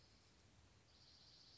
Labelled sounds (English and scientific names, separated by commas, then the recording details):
Dark-eyed Junco (Junco hyemalis)
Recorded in Sonoma County, California